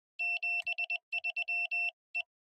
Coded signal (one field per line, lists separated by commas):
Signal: Morse code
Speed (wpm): 21 wpm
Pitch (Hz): 2700 Hz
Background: none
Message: 73 E